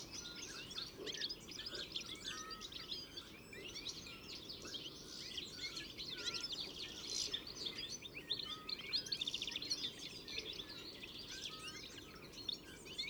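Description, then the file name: European goldfinch calls: a dense, continuous chorus of high, liquid twitters and chirps, apparently from several birds, steady throughout with a faint low hum beneath. "Carduelis carduelis"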